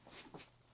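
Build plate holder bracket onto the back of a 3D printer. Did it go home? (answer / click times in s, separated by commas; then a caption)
no / none. The plastic build-plate holder bracket of a Chitu Systems PlateCycler C1M plate-changing accessory is being handled and pushed toward the back of a small Bambu Lab A1 Mini 3D printer. Soft rustling and scraping handling sounds are heard, with a slightly louder bump around 0.35 s and another faint one near 0.75 s. Nothing has seated or clicked yet.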